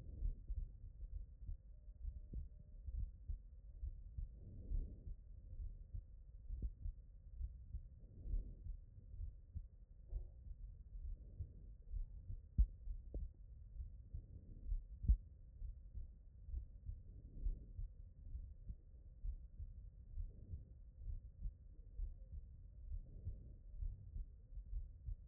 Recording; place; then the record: heart sounds by stethoscope; pulmonary valve (PV)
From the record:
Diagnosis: non-HFrEF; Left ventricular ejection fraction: 43%